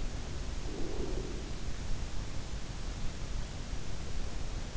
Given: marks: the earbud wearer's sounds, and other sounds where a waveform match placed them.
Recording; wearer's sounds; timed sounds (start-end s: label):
sounds in sleep by an in-ear microphone; breath
0.38-1.89 s: breath